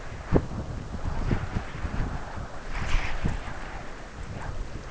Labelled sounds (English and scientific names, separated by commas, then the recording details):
none
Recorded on Arctic tundra, site UTQI-5, on 12 June 2019
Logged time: 08:00